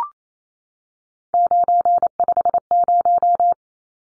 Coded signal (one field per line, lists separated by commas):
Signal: Morse code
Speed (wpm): 28 wpm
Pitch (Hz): 700 Hz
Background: none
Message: 950